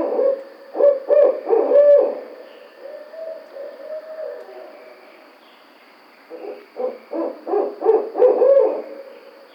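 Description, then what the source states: Barred owl hooting, a burst of loud rhythmic hoots, a quieter drawn-out hoot, a pause, then another rapid series of hoots near the end. Recorded 2009-06-05.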